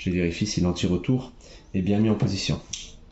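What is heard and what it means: A metal anti-reversal latch in the gearbox shell of a Cybergun/Cyma AK47 (CM028) airsoft AEG is being checked by hand during reassembly while someone talks. Nothing has seated or clicked yet, and a faint sharp tick sounds at the very end, around 3.1 s.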